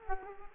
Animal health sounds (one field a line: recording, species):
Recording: mosquito wingbeat signal from an infrared sensor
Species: Culex quinquefasciatus